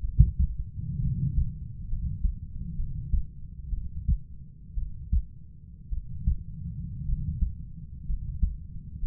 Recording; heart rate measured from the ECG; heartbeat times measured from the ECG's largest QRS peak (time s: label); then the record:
heart sounds by stethoscope; 60 bpm
0.01 s: heartbeat
1.00 s: heartbeat
1.89 s: heartbeat
2.76 s: heartbeat
3.70 s: heartbeat
4.75 s: heartbeat
5.90 s: heartbeat
7.06 s: heartbeat
8.06 s: heartbeat
9.00 s: heartbeat
From the record:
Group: healthy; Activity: rest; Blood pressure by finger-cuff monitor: 109/56 mmHg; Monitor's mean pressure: 69 mmHg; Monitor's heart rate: 59 bpm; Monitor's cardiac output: 5.2 L/min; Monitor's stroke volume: 88 mL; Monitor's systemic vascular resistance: 930 dyn s/cm5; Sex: male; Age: 25 years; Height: 170 cm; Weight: 70.4 kg